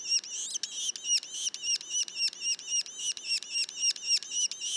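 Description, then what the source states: Yellow-bellied sapsucker juveniles giving rapid, high, slightly squealing notes, each a short bent harmonic chirp, repeated in an even chattering series. Juveniles, Mont-Orford National Park, Quebec.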